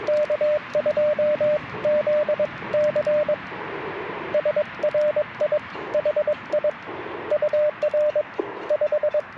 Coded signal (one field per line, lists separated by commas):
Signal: Morse code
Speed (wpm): 21 wpm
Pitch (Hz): 600 Hz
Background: radio noise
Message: K2ZC SRI HI UR 5